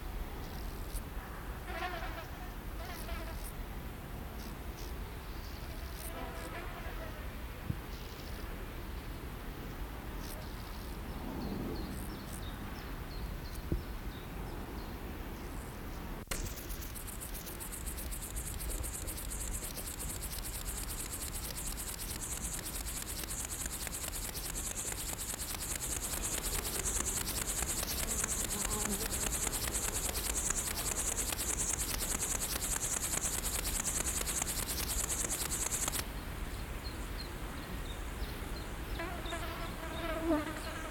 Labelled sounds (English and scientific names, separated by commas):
Upland Field Grasshopper (Chorthippus apricarius) stridulation